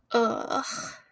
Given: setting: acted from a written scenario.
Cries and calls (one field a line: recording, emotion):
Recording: vocal sound without words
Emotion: anger